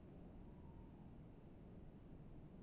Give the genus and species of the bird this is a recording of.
Strix aluco